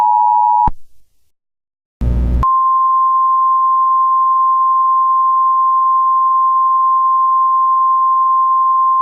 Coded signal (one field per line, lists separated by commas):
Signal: Emergency Alert System (SAME) tones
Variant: 853 and 960 Hz attention tone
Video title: *Possible Valid Tones* FAKE Mockup EAS Scenario: The NE Ohio Tornado Nightmare